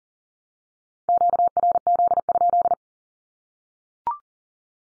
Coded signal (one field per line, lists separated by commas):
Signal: Morse code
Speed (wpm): 40 wpm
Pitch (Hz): 700 Hz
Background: none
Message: QRZ?